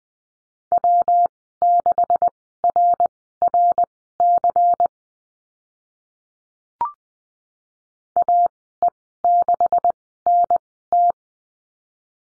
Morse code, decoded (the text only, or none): W6RRC AE6NT